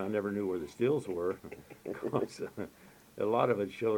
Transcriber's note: laughs